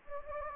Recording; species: mosquito wingbeat signal from an infrared sensor; Anopheles gambiae